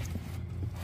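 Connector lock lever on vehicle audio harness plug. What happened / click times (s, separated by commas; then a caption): The connector is being handled but has not clicked into place yet / none. The small plastic lock lever on a replugged Tesla audio harness connector is handled under a steady low hum, with faint rustling and no sharp transients. The lever has not yet clicked in, and nothing has seated.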